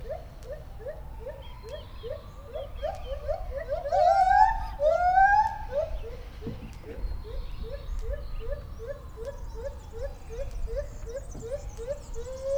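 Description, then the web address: Lar gibbon calling in a fast run of short rising notes, several per second, broken midway by two loud sweeping whistled swoops, with long arching tones. Captive, zoo in Debrecen, 2012; recorded with a Marantz recorder and shotgun microphone. "allathangok debrecenizoo 2012 feherkezugibbon kisebbzorgesek"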